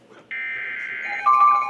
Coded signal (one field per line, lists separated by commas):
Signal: Emergency Alert System (SAME) tones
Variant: header bursts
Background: speech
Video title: Severe Thunderstorm Warnings - EAS #1,423-1,425